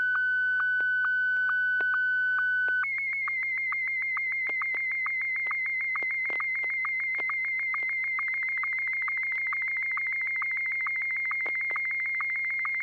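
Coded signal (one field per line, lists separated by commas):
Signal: SSTV (slow-scan television)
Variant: Martin 1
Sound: steady whistling tone that shifts higher, ticked by regular short low blips twice a second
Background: low hum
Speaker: I'm going to break with the tradition and do this one in Martin 1. N6YG.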